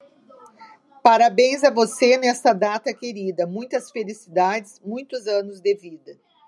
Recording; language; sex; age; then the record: short text; Brazilian Portuguese; female; 50 to 59 years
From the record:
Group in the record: control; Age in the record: 58 years